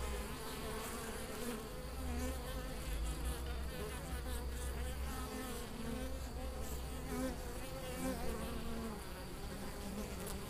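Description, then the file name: Western honey bee buzzing, a dense steady drone with wavering tones, continuous throughout. "apis mellifera"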